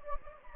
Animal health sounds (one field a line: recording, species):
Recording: mosquito wingbeat signal from an infrared sensor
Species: Anopheles gambiae